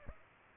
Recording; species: mosquito wingbeat signal from an infrared sensor; Aedes albopictus